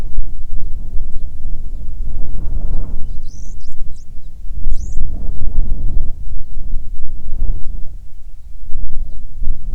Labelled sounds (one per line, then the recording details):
bird
wind
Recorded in the Arctic National Wildlife Refuge, Alaska, on 9 July 2019 at 22:22
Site 48